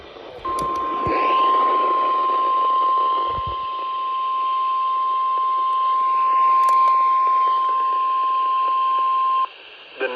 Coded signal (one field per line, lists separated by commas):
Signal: Emergency Alert System (SAME) tones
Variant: 1050 Hz attention tone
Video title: MERRY JIMINY CHRISTMAS... EAS Alerts from 12/25/20 (EAS 4348-4383)